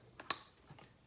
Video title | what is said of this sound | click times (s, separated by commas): R&R Onewheel motor/wheel | You hear it click. | 0.3 s